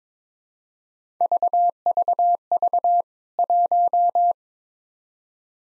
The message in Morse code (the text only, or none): VVV 1